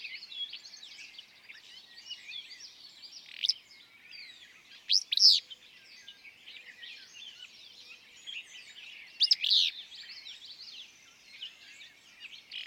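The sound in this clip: Willow flycatcher song: three short, sneezy two-part bursts spaced several seconds apart, over a dense, busy chorus of other chirping and warbling birds.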